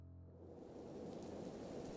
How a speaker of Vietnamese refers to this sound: Mưa giông bên ngoài rất lớn, biển kêu lên ầm ầm, tưởng như đang sụp đổ. Sấm chớp liên hồi, hệt như ông trời đang sôi đèn để bắt kẻ gian đang lẩn trốn đâu đó trên hòn đảo âm u này.